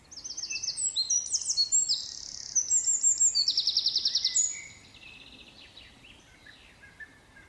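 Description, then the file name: Eurasian wren singing a fast, high-pitched torrent of trills and twittering notes for about four seconds, followed by quieter chirps and low hiss. "Troglodytes troglodytes"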